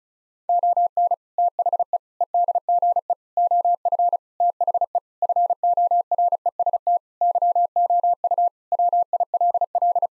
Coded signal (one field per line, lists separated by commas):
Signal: Morse code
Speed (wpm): 36 wpm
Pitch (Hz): 700 Hz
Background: none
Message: ON THE EDGE OF THE FOREST YOU WILL